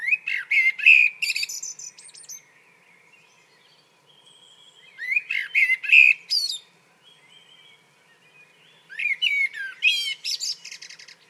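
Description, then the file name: Common blackbird song in three separate phrases, each a low warble that rises into high squeaky twitters, with quiet pauses of a few seconds between them. "Turdus merula"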